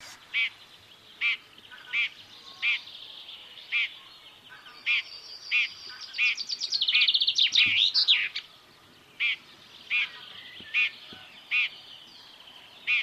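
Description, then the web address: Common chaffinch giving repeated short calls, interrupted midway by a quick, tumbling song trill that ends in a flourish. "Deverinetal 2025 File origin Bird Only Fr Co"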